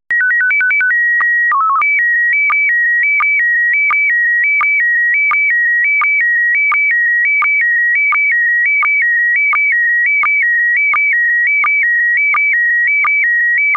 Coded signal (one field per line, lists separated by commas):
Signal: SSTV (slow-scan television)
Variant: PD 90